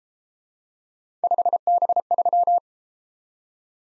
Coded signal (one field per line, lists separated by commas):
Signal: Morse code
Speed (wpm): 32 wpm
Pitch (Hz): 700 Hz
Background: none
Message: 5B3